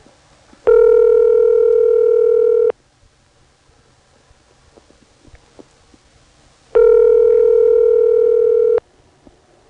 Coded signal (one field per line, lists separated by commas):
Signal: telephone call progress tone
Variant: North America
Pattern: ringback tone